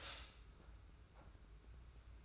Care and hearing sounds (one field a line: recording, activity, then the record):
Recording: daily activity, microphone in the room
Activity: stop toaster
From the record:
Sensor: 2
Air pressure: 991.5 hPa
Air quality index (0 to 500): 188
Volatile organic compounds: 1000 ppm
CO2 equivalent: 6153 ppm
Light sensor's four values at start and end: 32/97/38/36 and 32/97/38/36